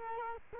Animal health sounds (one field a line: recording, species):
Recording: mosquito wingbeat signal from an infrared sensor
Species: Culex quinquefasciatus